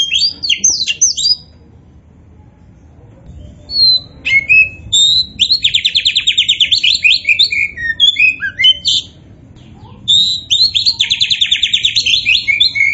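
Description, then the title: Oriental magpie-robin song mixing sharp high notes with rapid buzzy trilled runs, phrases broken by pauses of a second or two. Described as gacor, meaning singing actively and continuously. "Kacer Poci Gacor"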